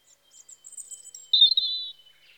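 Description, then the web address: European robin giving a high, thin whistled phrase: faint sweeping notes first, then a louder sustained warbled note, with near silence around it. Recorded in spring. "BBC Sound Effects Library Birds Robin (Erithacus Rubecula) Spring"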